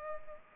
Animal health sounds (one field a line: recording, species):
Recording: mosquito wingbeat signal from an infrared sensor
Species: Culex pipiens